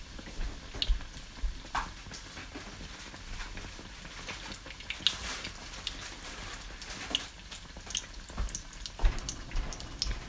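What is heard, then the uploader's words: Food frying in hot oil makes a steady, dense crackle and hiss throughout, with brighter pops and sizzles scattered irregularly, notably near two, five and nine seconds. The sound is fairly bright, with a soft low rumble underneath. First time cooking A S M R. Fried Oreos and funnel sticks ASMR style.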